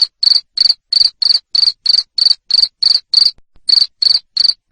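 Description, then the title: Cricket chirping, loud high-pitched pulsed chirps repeated about three times a second, with one brief pause midway. Loud cricket chirping (jangkrik ngerik) played to stimulate lovebirds into continuous singing (ngekek). "Suara JANGKRIK NGERIK Keras Bikin LOVEBIRD Jadi NGEKEK Terus Vubey"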